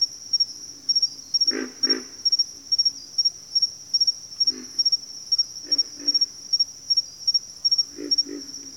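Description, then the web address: Pig frog giving low, coarse grunts, mostly in pairs and spaced unevenly over several seconds, beneath a constant, rhythmically pulsing insect whine. "ENTER Music and Audio J - Nature Songs Nature Sounds Sounds of Nature Collection Pig Frogs"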